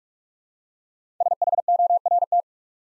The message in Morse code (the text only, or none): SHORT